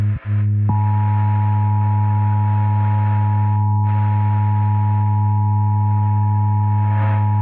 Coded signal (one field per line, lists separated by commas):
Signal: Emergency Alert System (SAME) tones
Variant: 853 and 960 Hz attention tone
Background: music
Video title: EAS Short - 60 Second Test Alert